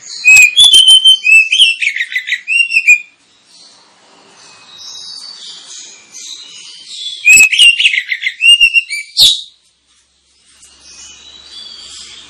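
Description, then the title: Oriental magpie-robin song in two loud bursts of varied whistles and harsh notes, with softer chattering birdsong filling the gap between them. Lure recording (pancingan) of a kacer, played to provoke other kacer birds into singing and fighting; described as persistent, full 'tembakan' song. "KACER NGOTOT FULL TEMBAKAN. Kacer dimana SAJA Bakalan NGEPLONG GACOR dengan Pancingan Kacer ini"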